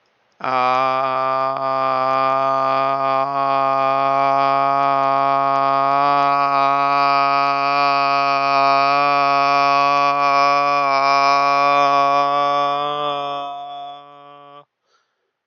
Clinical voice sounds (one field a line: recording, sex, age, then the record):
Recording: vowel held as long as possible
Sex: male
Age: 20 to 29 years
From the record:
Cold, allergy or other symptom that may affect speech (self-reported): no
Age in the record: 28 years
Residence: New York, United States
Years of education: 16